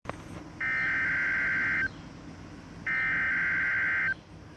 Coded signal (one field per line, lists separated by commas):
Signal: Emergency Alert System (SAME) tones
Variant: header bursts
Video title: Required Weekly Test On KXI79 7/27/2022 (EAS #1,611)